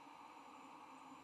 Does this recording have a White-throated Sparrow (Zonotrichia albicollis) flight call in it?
no